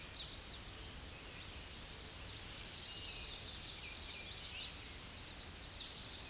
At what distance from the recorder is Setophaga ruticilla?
about 20 m